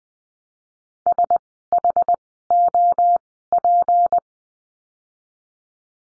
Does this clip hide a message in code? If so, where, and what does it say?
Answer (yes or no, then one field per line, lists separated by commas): yes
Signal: Morse code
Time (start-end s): 1.1-4.2 s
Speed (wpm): 20 wpm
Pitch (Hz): 700 Hz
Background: none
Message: SHOP